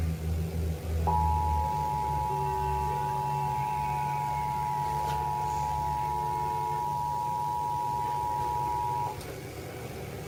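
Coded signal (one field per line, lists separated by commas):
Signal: Emergency Alert System (SAME) tones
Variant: 853 and 960 Hz attention tone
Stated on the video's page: Compilation of real EAS captures.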